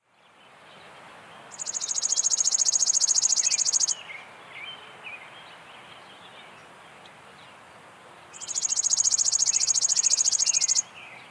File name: Spizella passerina - Chipping Sparrow